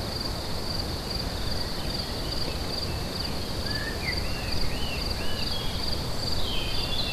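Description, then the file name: Crickets keep up an even high-pitched trill; birds chime in with rising and falling whistles in the second half, over low rumbling noise. Crickets recorded together with birds at Lacoux on 22 May 2016, using an MZ-N710. "Grillons et oiseaux Lacoux 22 05 16"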